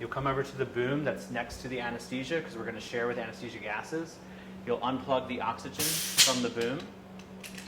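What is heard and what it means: Someone talks while the green oxygen hose is being unplugged from the ceiling boom next to anesthesia, to be shared with the anesthesia gases, and handled toward a splitter or outlet where its quick-connect fitting will snap in. A brief broadband hiss rises around 5.8–6.2 s over the speech. The oxygen quick-connect has not seated or clicked yet.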